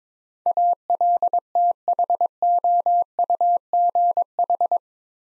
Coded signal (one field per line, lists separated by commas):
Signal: Morse code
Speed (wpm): 23 wpm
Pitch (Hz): 700 Hz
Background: none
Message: ALTHOUGH